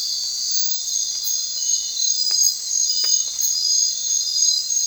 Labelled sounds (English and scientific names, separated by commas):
none